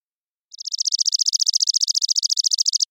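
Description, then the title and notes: Chipping sparrow trill: fast, mechanical chips repeated evenly at one pitch, slightly swelling at the start, lasting over two seconds against complete silence. Trilling song of a single bird, recorded with a parabolic microphone in the Pacific Northwest, Washington, United States; common in intermixed tree-grass open spaces. "Chipping Sparrow, Spizella passerina, trilling song, single species parabolic recording, single bird performance, natural pace, rhythm, & dynamics maintained, common voice of intermixed tree-grass open spaces Recorded in the beautiful Pacific Northwest, Washington, United States"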